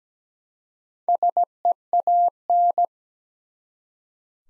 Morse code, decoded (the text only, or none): SEAN